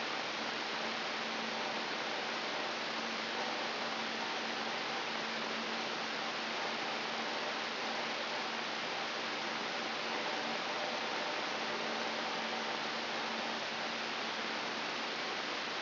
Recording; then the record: brain microelectrode recording played as sound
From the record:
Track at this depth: inside the subthalamic nucleus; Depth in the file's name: 7.131 mm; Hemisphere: right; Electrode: 3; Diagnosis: Parkinson's disease